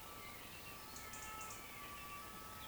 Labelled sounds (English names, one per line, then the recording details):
Eurasian Woodcock
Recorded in Baden-Württemberg, Germany, on 16 June 2020 at 20:03 UTC
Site 14569, 102 m above sea level